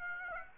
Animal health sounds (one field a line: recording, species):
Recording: mosquito wingbeat signal from an infrared sensor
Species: Aedes aegypti